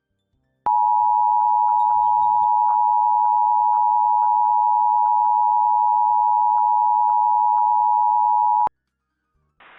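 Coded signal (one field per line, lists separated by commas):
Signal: Emergency Alert System (SAME) tones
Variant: 853 and 960 Hz attention tone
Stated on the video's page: Weather radio station in Toledo on 162.500 MHz, transmitter at Holland, Ohio, recorded in Lucas County, Ohio; alarm activation.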